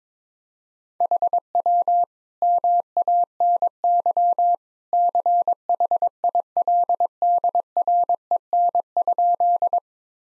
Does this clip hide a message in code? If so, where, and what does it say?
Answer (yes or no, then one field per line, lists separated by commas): yes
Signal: Morse code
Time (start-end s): 1.0-9.8 s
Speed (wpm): 23 wpm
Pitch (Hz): 700 Hz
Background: none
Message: HW MANY CHILDREN?